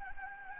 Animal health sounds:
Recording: mosquito wingbeat signal from an infrared sensor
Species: Anopheles gambiae

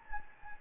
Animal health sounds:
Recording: mosquito wingbeat signal from an infrared sensor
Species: Anopheles gambiae

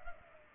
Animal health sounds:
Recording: mosquito wingbeat signal from an infrared sensor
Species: Culex pipiens

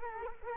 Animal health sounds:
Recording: mosquito wingbeat signal from an infrared sensor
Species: Culex quinquefasciatus

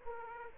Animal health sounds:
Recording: mosquito wingbeat signal from an infrared sensor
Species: Aedes aegypti

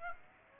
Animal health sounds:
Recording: mosquito wingbeat signal from an infrared sensor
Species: Aedes aegypti

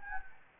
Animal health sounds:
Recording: mosquito wingbeat signal from an infrared sensor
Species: Anopheles gambiae

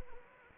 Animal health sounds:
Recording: mosquito wingbeat signal from an infrared sensor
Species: Anopheles gambiae

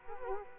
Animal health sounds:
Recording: mosquito wingbeat signal from an infrared sensor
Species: Culex quinquefasciatus

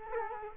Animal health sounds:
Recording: mosquito wingbeat signal from an infrared sensor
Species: Culex quinquefasciatus

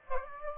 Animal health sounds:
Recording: mosquito wingbeat signal from an infrared sensor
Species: Aedes aegypti

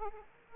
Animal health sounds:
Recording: mosquito wingbeat signal from an infrared sensor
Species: Aedes aegypti

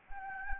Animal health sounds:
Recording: mosquito wingbeat signal from an infrared sensor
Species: Anopheles gambiae

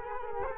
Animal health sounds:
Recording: mosquito wingbeat signal from an infrared sensor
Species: Culex quinquefasciatus

